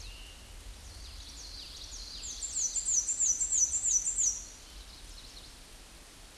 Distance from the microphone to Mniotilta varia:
about 15 m